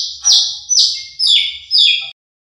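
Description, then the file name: Horsfield's bush lark giving four descending high whistled notes in quick sequence, each sliding down in pitch. Individual bird named Mercy; kept bird. "audio branjangan mercy marga omkicau com"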